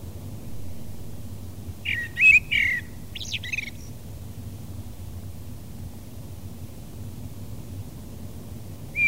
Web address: fugler svarttrost